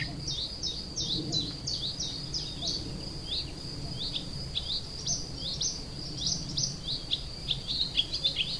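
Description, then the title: Icterine warbler song of repeated sharp upslurred chirps, delivered in quick runs with brief pauses, a constant high tone and faint low hum behind. Kirchdorf, Germany. "Kirchdorf, Deutschland - Gelbspötter"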